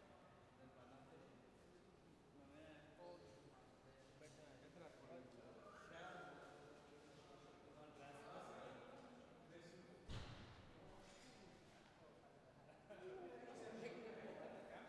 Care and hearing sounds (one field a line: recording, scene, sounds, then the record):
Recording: everyday scene through a hearing-aid microphone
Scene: reverberant space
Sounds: background noise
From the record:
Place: railway station hall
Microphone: behind the ear, right, front